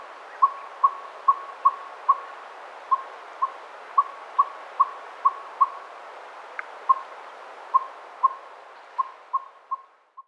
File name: Northern Saw-whet Owl - Aegolius acadicus acadicus